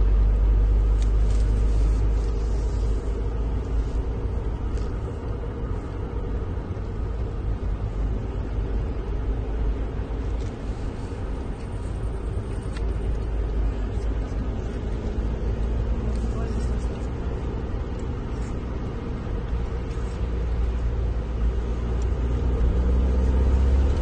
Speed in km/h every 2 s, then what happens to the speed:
39, 41, 41, 40, 40, 40, 40, 44, 45, 44, 45, 51.
0-12 steady at about 40. 12-24 speeds up to 51.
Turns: none.